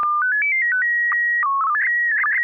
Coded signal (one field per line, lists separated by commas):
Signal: SSTV (slow-scan television)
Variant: PD 120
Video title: N6NA SSTV Net - 01/21/2026